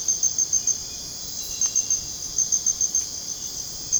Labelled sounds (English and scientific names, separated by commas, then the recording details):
none
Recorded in dense forest near Puerto Asís, Putumayo, Colombia, on 23 June 2025 at 02:30
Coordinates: 0.486, -76.317
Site G065